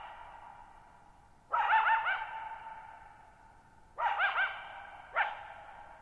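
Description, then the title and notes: Coyote sending out quavering yipping barks with a long ringing echo, two bursts and a short bark spaced throughout, otherwise quiet. Lone coyote calling at night, July 14, 2019, near Thirtymile Meadows, Okanogan National Forest, Okanogan High Country, Pacific Northwest, 6400 ft (1950 m), shallow bowl-shaped meadow on a high dry plateau. "Lone Coyote at Thirtymile Meadows. night of July 14, 2019, camped near Thirtymile Meadows in the Okanogan National Forest at 6400 ft (1950 m)"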